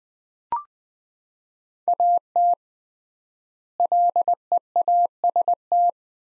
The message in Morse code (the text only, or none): AT LEAST